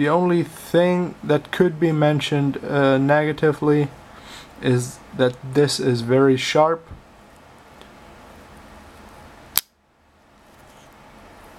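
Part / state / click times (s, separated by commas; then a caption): knife blade into its handle lock / seated / 9.6 s. Someone talks, then the steel blade of a Navy K-611 (Kershaw 1993-2 Gentleman) folding pocket knife is swung and locks into its handle lock. After a faint tick at 7.8 s, the blade seats with a loud, sharp snap at 9.6 s, followed by near silence.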